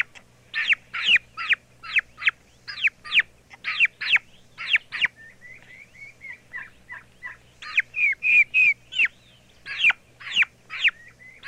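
Turkey chicks calling with loud, high, falling peeps, broken midway by softer, quicker trilled chirps before the rapid peeping resumes.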